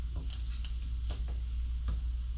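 A bearing, or its retaining part, is handled at the shock housing during assembly of a Viking coil-over for a 1998 Camaro Z/28. Faint light ticks come near 0.3, 0.7 and 1.1 seconds over a steady low hum. Nothing has seated or clicked into place yet.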